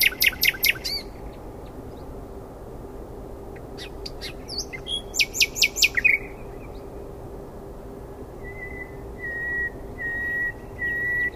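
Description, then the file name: Common nightingale song: a rapid rattle, a pause, a jumble of clicks and a loud burst of rapid notes, then slow, drawn-out pure whistles rising in loudness. "Luscinia megarhynchos"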